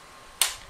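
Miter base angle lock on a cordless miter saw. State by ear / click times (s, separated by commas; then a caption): seated / 0.4 s. On a DeWalt 20V Max sliding 7-1/4" cordless miter saw (DCS361M1), the base is swung to a chosen miter angle and the handle is pushed down to lock it. A single sharp click is heard at 0.4 s as the miter base angle lock engages. The angle is locked into place.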